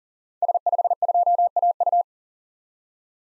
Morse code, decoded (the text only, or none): S52AU